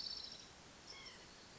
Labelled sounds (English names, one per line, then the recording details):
White-breasted Nuthatch
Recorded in Sonoma County, California